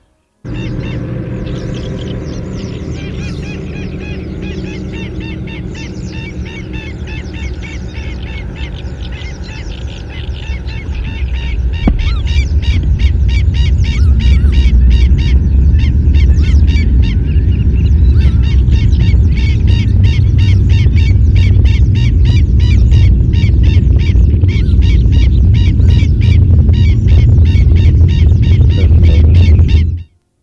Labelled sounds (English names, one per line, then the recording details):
Black-winged Stilt call
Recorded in the wild
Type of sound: call
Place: Burgas, BG
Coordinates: 42.505, 27.463
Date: 1974-06-03
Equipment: Nagra III BH, Sennheiser MD 21, parabola
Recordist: Schubert, Michael
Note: Stelzenläufer am Brutplatz, viel Krach und Wind